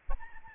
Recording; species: mosquito wingbeat signal from an infrared sensor; Aedes albopictus